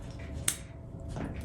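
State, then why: Seated. A toggle bolt's compressed spring nut is pushed through a hole in drywall into the wall cavity, and a single sharp click snaps out at 0.5 s over low background noise. The click shows the spring wings have flared open behind the drywall, so the toggle bolt is seated.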